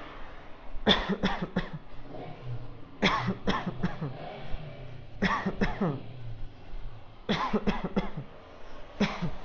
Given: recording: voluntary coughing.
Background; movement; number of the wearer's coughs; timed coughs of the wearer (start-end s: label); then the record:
traffic; walking; 12
0.84-1.20 s: cough
1.20-1.54 s: cough
1.54-1.79 s: cough
3.00-3.45 s: cough
3.45-3.81 s: cough
3.81-4.18 s: cough
5.19-5.58 s: cough
5.58-6.07 s: cough
7.26-7.64 s: cough
7.64-7.94 s: cough
7.94-8.26 s: cough
8.98-9.31 s: cough
From the record:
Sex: male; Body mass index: 20.5 kg/m2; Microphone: on the chest, facing outward